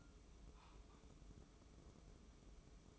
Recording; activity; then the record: daily activity, microphone in the room; take from stove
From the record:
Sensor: 1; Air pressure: 995.4 hPa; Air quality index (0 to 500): 28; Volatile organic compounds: 1 ppm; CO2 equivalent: 532 ppm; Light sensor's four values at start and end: 29/101/38/40 and 29/101/38/40